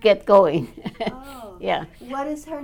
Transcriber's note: laughs